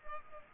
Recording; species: mosquito wingbeat signal from an infrared sensor; Culex pipiens